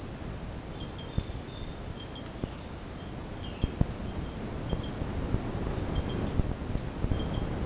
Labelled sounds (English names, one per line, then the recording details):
none
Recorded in secondary vegetation near Puerto Asís, Putumayo, Colombia, on 18 February 2024 at 06:30
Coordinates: 0.489, -76.322
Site G6419